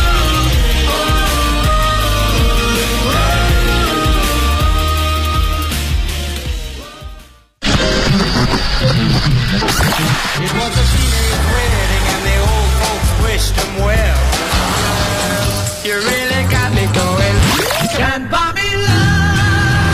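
A loud pop song, the lead single of a new album, plays with a full band and a sung melody, cutting out for a brief moment of silence partway through before the music kicks back in at the same level.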